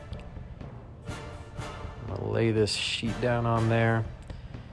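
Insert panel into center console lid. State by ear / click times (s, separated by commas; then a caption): not seated / none. An insert panel is handled over the top of a custom center console lid for a 1968 Camaro while someone talks, with a few light knocks near 0.1, 0.6 and 4.3 seconds. The clip ends before the panel goes home, and nothing has seated or clicked yet.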